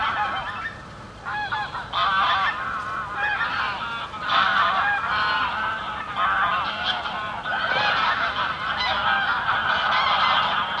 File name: rezerwat lezczok gesi i labedzie i spadajace zoledzie